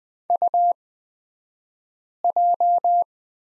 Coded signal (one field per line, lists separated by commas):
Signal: Morse code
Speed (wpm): 20 wpm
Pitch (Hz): 700 Hz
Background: none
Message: UJ